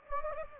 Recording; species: mosquito wingbeat signal from an infrared sensor; Anopheles gambiae